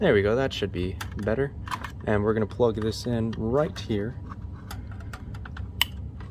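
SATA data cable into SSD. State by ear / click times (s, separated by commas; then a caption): seated / 5.8 s. Someone talks while a SATA data cable is pushed into the SSD's connector, with a few small handling ticks leading up to a sharp, loud click at 5.8 s. The cable is seated in the SSD.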